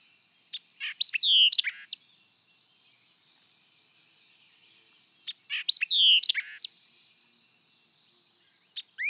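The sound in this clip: White-eyed vireo singing a quick, snappy phrase of clipped notes around a downslurred whistle, given twice with a pause between, then begun again at the end.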